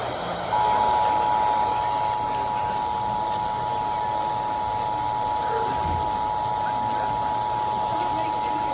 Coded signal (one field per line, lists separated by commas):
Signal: Emergency Alert System (SAME) tones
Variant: 853 and 960 Hz attention tone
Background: speech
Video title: BETRAYAL DAY 2024 / 1 YEAR SINCE OMS… (Monthly EAS Tests) (EAS #1,274-1,279)